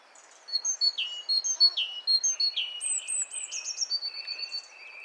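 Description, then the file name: Great tit calls: after a quiet start, a rapid series of high chirps and downslurred notes, ending with higher ringing notes and a thin sustained whistle. "Parus major"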